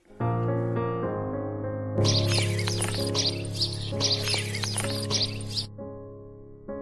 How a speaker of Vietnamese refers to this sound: Cô bị đánh thức bởi tiếng chim kêu ríu rít